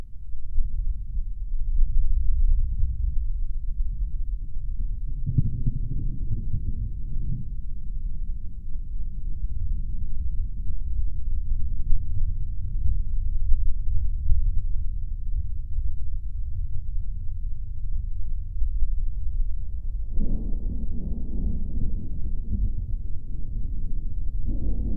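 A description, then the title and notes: A low, steady thunder rumble with no rain, deep, swelling slightly around five seconds and again after twenty seconds. Low Thunder Rumble, No Rain.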